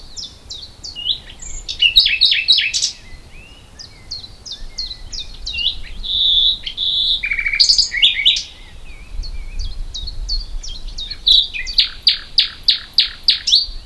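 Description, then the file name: Common nightingale song mixing rapid clicking notes, a pure whistled tone, throaty churrs and a closing run of loud repeated notes. "Luscinia megarhynchos"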